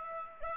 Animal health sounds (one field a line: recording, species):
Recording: mosquito wingbeat signal from an infrared sensor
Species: Aedes aegypti